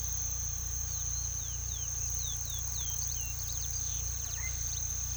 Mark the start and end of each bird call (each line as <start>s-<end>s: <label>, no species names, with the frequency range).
0.93s-4.91s: bird call (1.3-5.9 kHz)